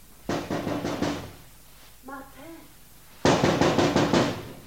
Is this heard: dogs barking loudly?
no